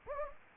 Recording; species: mosquito wingbeat signal from an infrared sensor; Anopheles gambiae